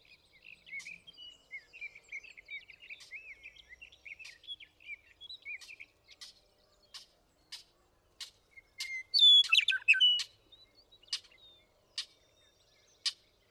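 Western meadowlark singing one rich phrase of clear whistles and bubbly notes late, after a stretch of thin twittering and sharp clicks.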